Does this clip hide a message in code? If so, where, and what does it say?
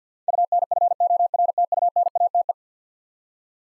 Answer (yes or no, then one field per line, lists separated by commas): yes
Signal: Morse code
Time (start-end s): 0.3-2.5 s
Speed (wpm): 50 wpm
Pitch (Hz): 700 Hz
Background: none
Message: UNFORTUNATE